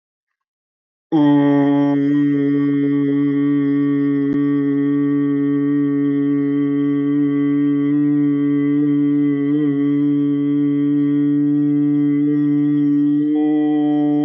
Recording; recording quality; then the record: sustained vowel as in boot; excellent, no background noise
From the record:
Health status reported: healthy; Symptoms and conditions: diabetes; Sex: male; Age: 36 years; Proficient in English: yes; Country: India